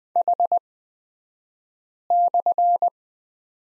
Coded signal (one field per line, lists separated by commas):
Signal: Morse code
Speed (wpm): 20 wpm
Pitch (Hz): 700 Hz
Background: none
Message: H/